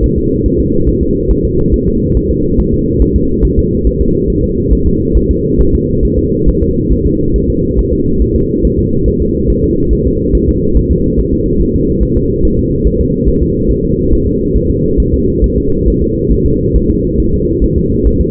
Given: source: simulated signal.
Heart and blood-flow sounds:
fetal heart sounds
0.04 s: S1
0.18 s: S2
0.46 s: S1
0.60 s: S2
0.88 s: S1
1.03 s: S2
1.31 s: S1
1.45 s: S2
1.74 s: S1
1.88 s: S2
2.17 s: S1
2.31 s: S2
2.60 s: S1
2.74 s: S2
3.02 s: S1
3.16 s: S2
3.45 s: S1
3.59 s: S2
3.87 s: S1
4.01 s: S2
4.30 s: S1
4.44 s: S2
4.73 s: S1
4.87 s: S2
5.17 s: S1
5.31 s: S2
5.61 s: S1
5.75 s: S2
6.05 s: S1
6.19 s: S2
6.49 s: S1
6.63 s: S2
6.92 s: S1
7.06 s: S2
7.36 s: S1
7.50 s: S2
7.79 s: S1
7.93 s: S2
8.22 s: S1
8.36 s: S2
8.65 s: S1
8.79 s: S2
9.08 s: S1
9.22 s: S2
9.50 s: S1
9.64 s: S2
9.93 s: S1
10.07 s: S2
10.35 s: S1
10.49 s: S2
10.77 s: S1
10.91 s: S2
11.19 s: S1
11.34 s: S2
11.62 s: S1
11.75 s: S2
12.03 s: S1
12.17 s: S2
12.45 s: S1
12.59 s: S2
12.87 s: S1
13.01 s: S2
13.29 s: S1
13.43 s: S2
13.71 s: S1
13.85 s: S2
14.13 s: S1
14.27 s: S2
14.56 s: S1
14.71 s: S2
15.00 s: S1
15.14 s: S2
15.44 s: S1
15.58 s: S2
15.88 s: S1
16.02 s: S2
16.32 s: S1
16.46 s: S2
16.76 s: S1
16.90 s: S2
17.20 s: S1
17.34 s: S2
17.64 s: S1
17.78 s: S2
18.07 s: S1
18.21 s: S2
From the record:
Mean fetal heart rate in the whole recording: 140 bpm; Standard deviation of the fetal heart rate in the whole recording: 2 bpm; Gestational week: 34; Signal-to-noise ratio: -15.3 dB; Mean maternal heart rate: 72 bpm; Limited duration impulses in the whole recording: present

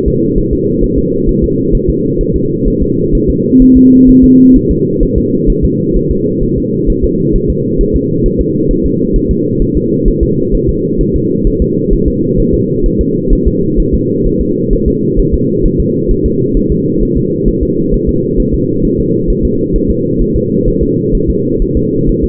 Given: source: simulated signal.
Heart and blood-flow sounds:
fetal heart sounds
0.08 s: S2
0.38 s: S1
0.53 s: S2
0.84 s: S1
0.98 s: S2
1.29 s: S1
1.44 s: S2
1.75 s: S1
1.90 s: S2
2.21 s: S1
2.36 s: S2
2.68 s: S1
2.82 s: S2
3.15 s: S1
3.30 s: S2
3.62 s: S1
3.77 s: S2
4.09 s: S1
4.24 s: S2
4.56 s: S1
4.71 s: S2
5.03 s: S1
5.18 s: S2
5.50 s: S1
5.65 s: S2
5.97 s: S1
6.11 s: S2
6.43 s: S1
6.58 s: S2
6.90 s: S1
7.04 s: S2
7.36 s: S1
7.50 s: S2
7.81 s: S1
7.96 s: S2
8.26 s: S1
8.41 s: S2
8.71 s: S1
8.86 s: S2
9.16 s: S1
9.31 s: S2
9.62 s: S1
9.77 s: S2
10.08 s: S1
10.23 s: S2
10.55 s: S1
10.69 s: S2
11.01 s: S1
11.16 s: S2
11.47 s: S1
11.62 s: S2
11.93 s: S1
12.08 s: S2
12.40 s: S1
12.54 s: S2
12.86 s: S1
13.01 s: S2
13.33 s: S1
13.47 s: S2
13.80 s: S1
13.94 s: S2
14.27 s: S1
14.41 s: S2
14.73 s: S1
14.88 s: S2
15.20 s: S1
15.34 s: S2
15.66 s: S1
15.80 s: S2
16.11 s: S1
16.26 s: S2
16.57 s: S1
16.72 s: S2
17.03 s: S1
17.17 s: S2
17.48 s: S1
17.63 s: S2
17.94 s: S1
18.09 s: S2
18.40 s: S1
18.54 s: S2
18.85 s: S1
19.00 s: S2
19.30 s: S1
19.45 s: S2
19.76 s: S1
19.91 s: S2
20.22 s: S1
20.36 s: S2
20.68 s: S1
20.83 s: S2
21.15 s: S1
21.30 s: S2
21.62 s: S1
21.77 s: S2
22.09 s: S1
22.24 s: S2
From the record:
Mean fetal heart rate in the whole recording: 130 bpm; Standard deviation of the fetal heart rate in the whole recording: 4 bpm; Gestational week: 38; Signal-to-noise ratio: -11.2 dB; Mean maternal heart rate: 72 bpm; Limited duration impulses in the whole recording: present

